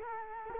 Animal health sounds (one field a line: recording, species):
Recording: mosquito wingbeat signal from an infrared sensor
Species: Culex quinquefasciatus